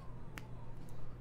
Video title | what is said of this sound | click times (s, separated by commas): Building Blocks: Diagon Alley | till it pump clicks into place | 0.4 s